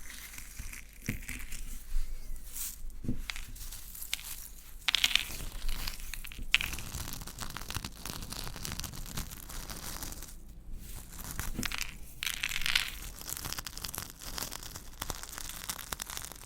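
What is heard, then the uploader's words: Crunchy stirring runs through the whole sixteen seconds, a dense, uneven crackle of crushing and grinding with no pause. Brighter scraping bursts stand out around five, six and a half, and twelve to thirteen seconds, and a low rumble sits underneath throughout. Old-Time Riches Crunchy Stirring. NO TALKING.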